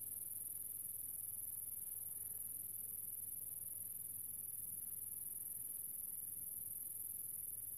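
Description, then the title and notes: Grasshopper call heard as an unbroken, shrill, high buzz, with a quiet low hum beneath it. Recorded a few years ago in the countryside near the small town of General Alvear, under the summer sun, while filming a documentary. "Nature - Grasshopper. in a small town called General Alvear. I found myself in the middle of the countryside under the summer sun and this little grasshoper appeard"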